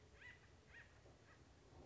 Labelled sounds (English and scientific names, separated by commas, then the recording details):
Acorn Woodpecker (Melanerpes formicivorus)
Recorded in Sonoma County, California